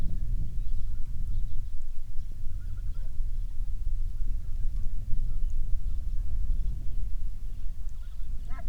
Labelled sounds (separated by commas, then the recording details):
waterfowl, wind
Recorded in the Prudhoe Bay oil fields, Alaska, on 13 May 2019 at 10:01
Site 21